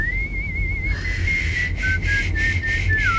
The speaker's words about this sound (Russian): Я разучилась свистеть. Да быть не может. Нет, серьезно. И уже давно, с тех пор, как появились дети.